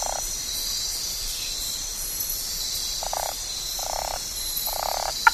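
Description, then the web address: Cabrera's slender-legged treefrog calls, short clucking notes, the last few at intervals of about a second, over a steady high insect chorus. Recorded in the Ecuadorian Amazon. "Natures Songs S America Frogs of Ecuadorian Amazon Osteocephalus cabrerai"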